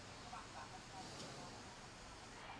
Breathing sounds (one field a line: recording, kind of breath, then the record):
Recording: one breath in and out by a microphone near the nose and mouth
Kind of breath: normal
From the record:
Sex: male